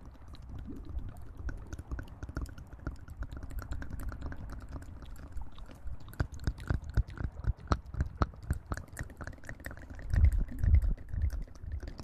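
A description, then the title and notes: Quick, irregular clicks and taps patter throughout, like keys being struck or drops falling, over a low steady rumble. The tapping grows busier and sharper after about six seconds, and a few heavier low thumps land around ten to eleven seconds. Play with your ears.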